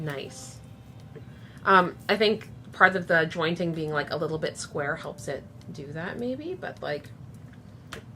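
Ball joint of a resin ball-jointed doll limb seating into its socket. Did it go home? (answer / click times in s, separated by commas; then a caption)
yes / 7.9 s. A ball joint on the limb of a resin ball-jointed doll with a 3D-printed/cast resin body is posed while someone talks. The joint's slightly squarish shape helps it seat in its socket. It snaps into place with a short, sharp click at 7.9 s.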